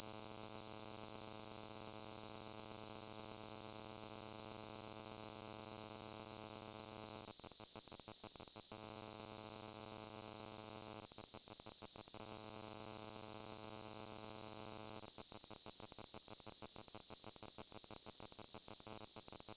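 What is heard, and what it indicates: Simulated tinnitus: a steady, high-pitched ringing tone near 5–6 kHz that holds unchanged through the whole clip.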